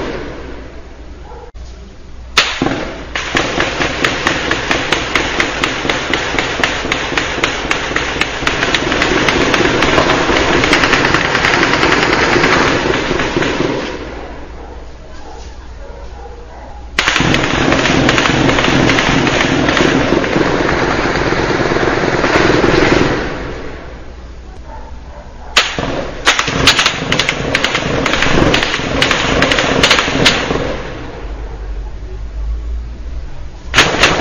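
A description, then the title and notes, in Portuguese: Gunfire in a hillside neighborhood: long, dense volleys of sharp cracks roar for several seconds, separated by brief quieter lulls, with faint voices. Áudio do tiroteio no Morro do Jordão.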